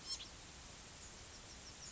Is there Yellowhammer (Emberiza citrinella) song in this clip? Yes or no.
no